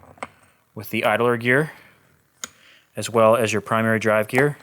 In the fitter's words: there it goes popped into place no problem